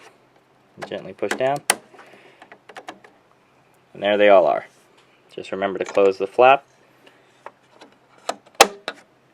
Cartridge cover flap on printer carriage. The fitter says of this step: you'll hear it snap